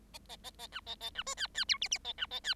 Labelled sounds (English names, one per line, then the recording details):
Bengalese Finch song
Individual Bird7